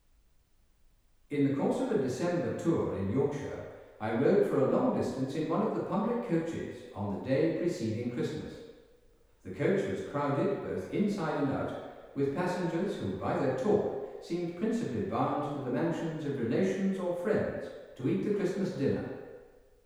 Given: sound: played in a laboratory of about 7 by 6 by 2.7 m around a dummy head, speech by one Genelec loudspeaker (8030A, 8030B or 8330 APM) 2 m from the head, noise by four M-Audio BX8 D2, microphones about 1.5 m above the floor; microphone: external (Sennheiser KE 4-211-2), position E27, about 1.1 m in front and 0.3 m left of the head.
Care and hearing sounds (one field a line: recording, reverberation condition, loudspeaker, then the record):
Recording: male speech in English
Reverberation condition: high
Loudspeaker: 120 degrees to the right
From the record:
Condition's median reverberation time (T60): about 1300 ms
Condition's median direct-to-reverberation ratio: about -4.0 dB